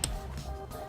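A click-type torque wrench set to 42 lb-ft gives the final torque to a trailer hitch mounting bolt going into the frame of a 2002 Lexus RX300. A sharp metallic click sounds at 0.04 s as the setting is reached, followed by a second bright clink near 0.9 s over a low background hum.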